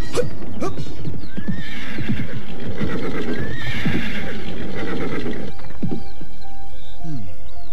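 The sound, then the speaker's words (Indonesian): A horse being ridden whinnies in long, wavering high-pitched neighs over a steady clatter of hooves clip-clopping, then the neighing fades and a few sharper calls and hoof knocks remain. “Kita telah berkuda semalam-malaman.”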